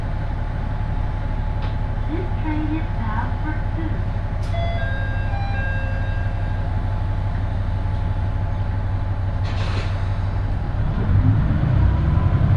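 Aboard a one-car railbus on the Ise Railway, a steady low engine drone and rolling rumble fill the whole clip, with a faint constant whine above. Brief voices and clicks come through in the first half, a sharp rattle near ten seconds, and the rumble swells louder toward the end.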